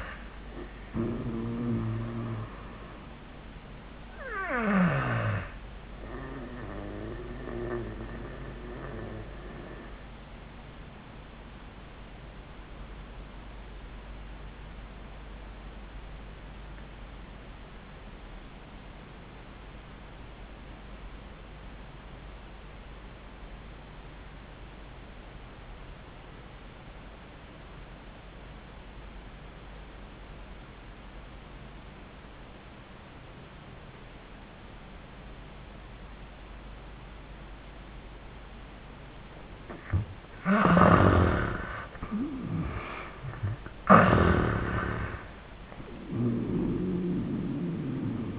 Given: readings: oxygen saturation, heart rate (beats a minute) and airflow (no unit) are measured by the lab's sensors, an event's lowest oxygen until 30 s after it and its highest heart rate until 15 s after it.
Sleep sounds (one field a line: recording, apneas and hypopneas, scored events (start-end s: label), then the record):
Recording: breathing in sleep by a voice recorder at the bedside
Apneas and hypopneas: 1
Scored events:
6.00-40.60 s: obstructive apnea (N1, oxygen 97% highest, then 72% lowest, heart rate 91 at the start, 93 highest)
From the record:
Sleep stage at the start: N1 (lightest sleep)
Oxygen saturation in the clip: 69 to 97%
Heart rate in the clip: 67 to 93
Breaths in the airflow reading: 3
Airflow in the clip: -28.2 to 12.5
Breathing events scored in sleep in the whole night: 400 in 8.7 hours asleep